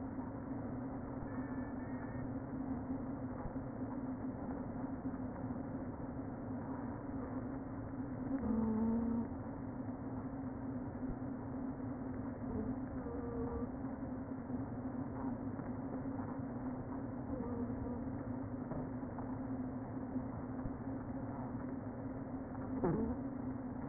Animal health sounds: honeybee colony, microphone inside the hive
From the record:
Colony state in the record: queen present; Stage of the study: before two queens were removed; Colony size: about 60,000 bees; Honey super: yes

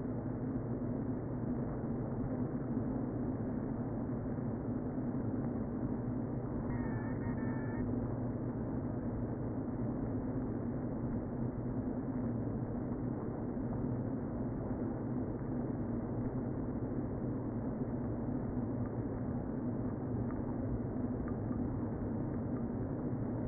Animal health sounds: honeybee colony, microphone inside the hive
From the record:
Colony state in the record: queen present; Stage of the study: before two queens were removed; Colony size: about 60,000 bees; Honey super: yes

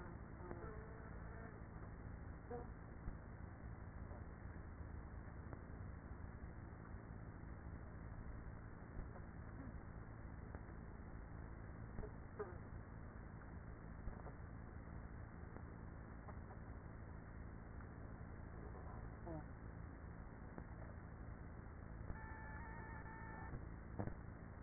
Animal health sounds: honeybee colony, microphone inside the hive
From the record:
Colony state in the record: queenless with a low population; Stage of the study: after two queens were removed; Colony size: about 30,000 bees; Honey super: no

